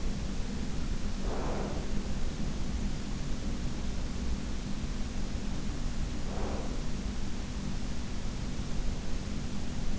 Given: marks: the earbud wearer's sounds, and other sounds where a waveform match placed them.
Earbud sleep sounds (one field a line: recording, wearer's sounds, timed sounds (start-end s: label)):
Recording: sounds in sleep by an in-ear microphone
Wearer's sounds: breath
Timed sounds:
0.00-2.00 s: breath
6.17-7.05 s: breath